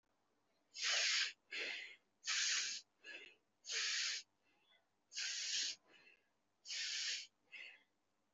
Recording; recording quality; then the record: shallow breathing; excellent, no background noise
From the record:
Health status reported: recovered from COVID-19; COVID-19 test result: positive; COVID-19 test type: RT-PCR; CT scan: taken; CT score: 0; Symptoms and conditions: fatigue, muscle pain, another condition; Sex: female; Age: 25 years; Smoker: no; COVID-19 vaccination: both doses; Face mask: worn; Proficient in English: yes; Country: India